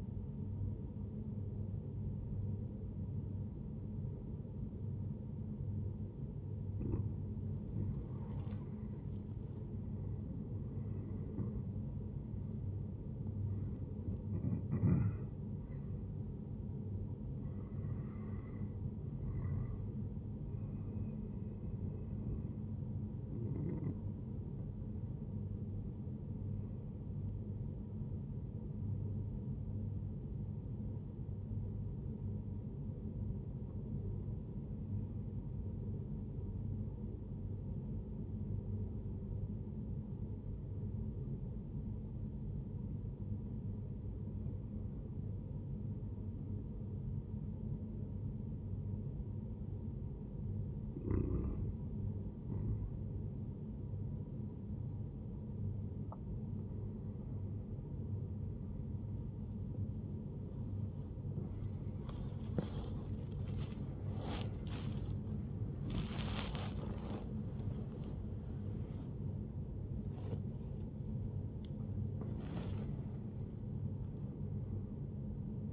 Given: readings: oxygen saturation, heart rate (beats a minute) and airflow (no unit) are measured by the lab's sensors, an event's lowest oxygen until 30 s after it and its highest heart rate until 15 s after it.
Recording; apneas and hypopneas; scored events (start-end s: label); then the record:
breathing in sleep by a smartphone at the bedside; 1
29.00-60.40 s: hypopnea (N1, oxygen 97% highest, then 94% lowest, heart rate 76 at the start, 90 highest)
56.00-75.73 s: new sleep stage, awake
66.00-75.73 s: awake
From the record:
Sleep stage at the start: N1 (lightest sleep); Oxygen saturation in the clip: 93 to 97%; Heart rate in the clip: 75 to 90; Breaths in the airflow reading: 12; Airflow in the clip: -9.5 to 8.7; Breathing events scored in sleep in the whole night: 131 in 7.2 hours asleep